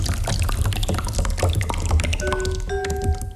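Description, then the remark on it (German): Sauce pouring and splashing in a steady wet stream as it is spilled, with scattered drips and clatter, then a couple of sustained tonal rings near the end; no voices. “Jesus, Jesus, Gnefrau, entschuldigen Sie, Gnefrau. Resi, Trampel, Gleder, Sautrampel, Elendiger, die ganze Sauce.”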